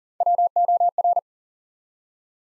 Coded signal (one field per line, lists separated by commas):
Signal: Morse code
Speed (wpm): 38 wpm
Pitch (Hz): 700 Hz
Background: none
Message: WOR